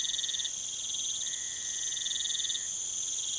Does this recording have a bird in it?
no